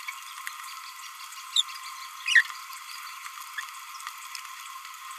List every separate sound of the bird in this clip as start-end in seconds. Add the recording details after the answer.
1.56-1.61, 2.26-2.41. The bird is a male. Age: 27 days. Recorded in a nest box in Venezuela. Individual 17B31A2